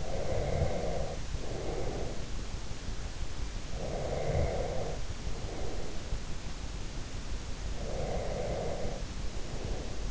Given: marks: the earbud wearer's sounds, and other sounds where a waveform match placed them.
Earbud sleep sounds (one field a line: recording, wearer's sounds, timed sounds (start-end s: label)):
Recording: sounds in sleep by an in-ear microphone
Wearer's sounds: snoring breath, breath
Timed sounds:
0.00-2.34 s: snoring breath
3.76-6.23 s: breath
7.73-10.11 s: breath